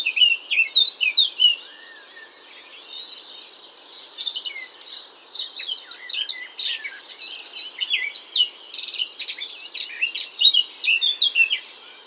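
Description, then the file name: Eurasian blackcap song: a loud burst of rapid, varied warbling at the start, then a quieter, steady babble broken by short, brighter chattering phrases until the end. "Sylvia atricapilla"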